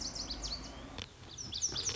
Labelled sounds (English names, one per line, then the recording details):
Lazuli Bunting
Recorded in Sonoma County, California